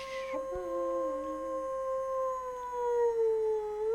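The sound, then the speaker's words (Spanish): Several wolves howl together in long, sustained tones, one voice gliding steadily while others weave higher pitches above it, with a brief yip at the start and no talking. “Aullidos de lobos.”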